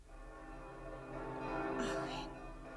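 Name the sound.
church bells ringing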